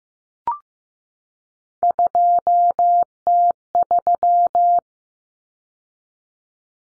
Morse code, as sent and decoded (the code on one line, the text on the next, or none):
..--- - ...--
2T3